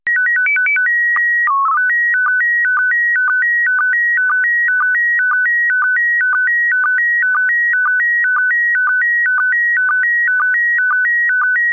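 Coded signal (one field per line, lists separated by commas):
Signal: SSTV (slow-scan television)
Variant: PD 120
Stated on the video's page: SSTV image transmission.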